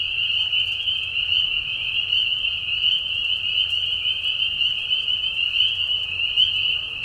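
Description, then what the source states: Spring peepers calling together, a bright unbroken wall of high whistled peeps with slight flickers in loudness and a faint low hum. Several spring peepers giving mating calls in a marsh at night during a very short spring season, Tiny Marsh Conservation Area, Tiny, Ontario, Canada; high whistles at low volume.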